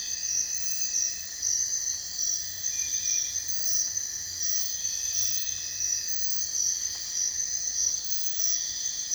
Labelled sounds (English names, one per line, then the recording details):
none
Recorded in dense forest near Puerto Asís, Putumayo, Colombia, on 22 June 2025 at 03:30
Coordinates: 0.468, -76.322
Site GP03